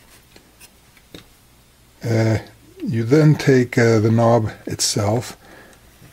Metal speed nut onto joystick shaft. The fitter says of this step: to grip whatever you're slipping it into and you just slide it down until it clicks into the notch on the bottom of the shaft here